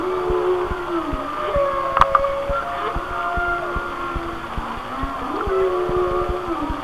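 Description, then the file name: Whale song: sustained level moans that dip and rise in steps, with a sharp knock near two seconds and steady clicks. "Whale Songs- Mike Mc Donald"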